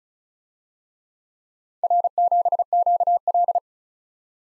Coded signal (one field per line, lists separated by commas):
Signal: Morse code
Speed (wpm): 41 wpm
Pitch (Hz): 700 Hz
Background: none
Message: R7QL